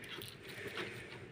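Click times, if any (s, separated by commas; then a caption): none. An ink ribbon spool, left slightly loose, is worked left and right by hand into its printer ribbon holder, making soft scraping and rubbing sounds with a brief sharp tick at 0.2 s. Nothing has seated or clicked into place yet.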